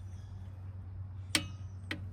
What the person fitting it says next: there she goes. Nice little click there to let us know it's been torqued down properly.